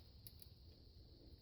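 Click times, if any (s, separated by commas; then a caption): 0.3 s, 0.4 s. A green plastic wiring plug is pushed back into the alternator socket on an H6 Subaru during an alternator replacement. Two sharp clicks at 0.3 s and 0.4 s mark its spring tab latching, over a steady hum. The plug is seated and locked in.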